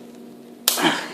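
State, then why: Released. A chain breaker tool's handle is turned to press a steel pin out of a bicycle-type roller chain link. After quiet low hum, a loud, sharp snap at 0.7 s marks the pin breaking free, followed by a brief rough scrape as it releases.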